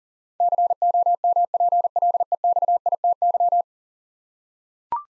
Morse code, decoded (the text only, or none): COMPLEXITY